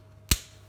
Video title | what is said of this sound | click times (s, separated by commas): BMW E93 3 Series Convertible Bracket Holder Assembly Part No. 54377204892 | then in the middle it'll click you can hear that click | 0.3 s